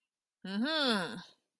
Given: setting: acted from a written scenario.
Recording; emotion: vocal sound without words; pride